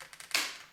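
The plastic body shell of an HO-scale ES44AC model locomotive is pressed back down onto its chassis after its tabs are lined up with their holes. Two faint ticks at 0.1 and 0.2 s lead to a sharp, bright click at 0.3 s that rings down over the rest of the clip. The shell has snapped in and that side is seated.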